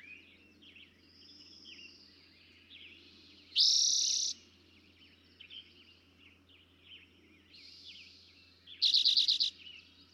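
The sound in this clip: Eastern towhee song, a loud rising buzzy trill and later a rapid pulsed trill, amid steady background chirping.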